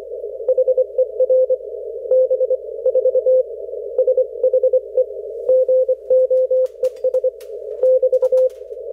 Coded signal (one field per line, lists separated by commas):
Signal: Morse code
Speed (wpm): 25 wpm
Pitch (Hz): 520 Hz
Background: none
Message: HER B 4 SHE GOES <BT>